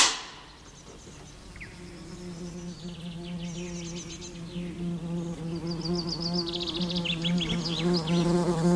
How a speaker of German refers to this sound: Es ist Wespenhochsaison.